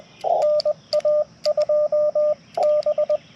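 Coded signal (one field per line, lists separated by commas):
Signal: Morse code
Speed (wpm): 20 wpm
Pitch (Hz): 600 Hz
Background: radio noise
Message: NA2B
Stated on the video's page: CW POTA park activation on a backpack Yaesu FT-891 with a 17 ft vertical antenna and BaMaKeY TP-III key; steady stream of 35 contacts in 40 minutes.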